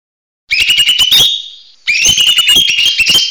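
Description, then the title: Bird song: a fast stuttering run of high chirps that trails off into a thin held note, followed by a longer rapid chirping trill. "SuaraBurung Kicau1"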